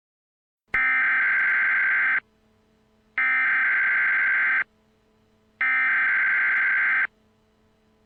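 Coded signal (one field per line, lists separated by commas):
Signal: Emergency Alert System (SAME) tones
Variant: header bursts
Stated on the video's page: Remake of National Weather Service EAS tornado emergency alerts for an EF-3 tornado in Pasadena and Deer Park, Harris County, Texas.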